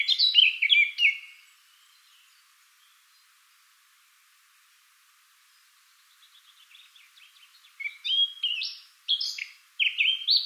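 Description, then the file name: Eurasian blackcap warbling briefly, a long quiet gap with a faint soft twittering, then loud clear fluty notes in separated bursts. "Sylvia atricapilla"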